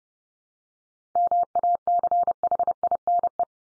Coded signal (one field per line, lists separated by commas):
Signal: Morse code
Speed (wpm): 30 wpm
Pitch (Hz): 700 Hz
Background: none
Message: MACHINE